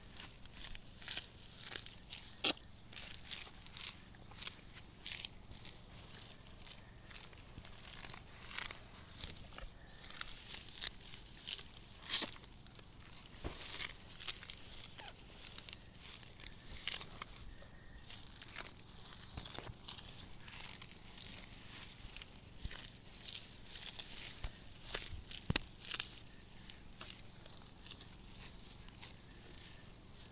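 Hand weeding in a rice paddy outdoors, with soft rustling and splashing, sharp snaps near 2, 12 and 25 seconds, and a faint low hum.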